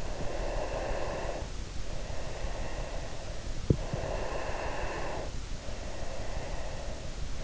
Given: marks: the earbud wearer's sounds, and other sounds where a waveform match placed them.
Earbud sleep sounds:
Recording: sounds in sleep by an in-ear microphone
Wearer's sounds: breath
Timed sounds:
0.00-3.37 s: breath
3.70-7.34 s: breath

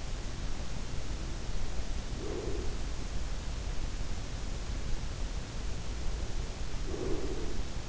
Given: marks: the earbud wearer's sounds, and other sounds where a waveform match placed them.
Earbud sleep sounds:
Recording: sounds in sleep by an in-ear microphone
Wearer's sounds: breath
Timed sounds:
2.05-3.15 s: breath
6.79-7.88 s: breath

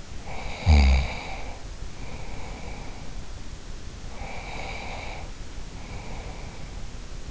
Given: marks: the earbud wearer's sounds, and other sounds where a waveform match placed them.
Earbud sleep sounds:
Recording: sounds in sleep by an in-ear microphone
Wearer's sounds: snoring breath, breath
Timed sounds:
0.00-3.22 s: snoring breath
3.95-6.84 s: breath

